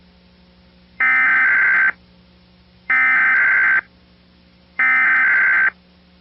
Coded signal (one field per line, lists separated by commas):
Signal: Emergency Alert System (SAME) tones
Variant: header bursts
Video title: (reupload) EAS of the Week - 4/13/2019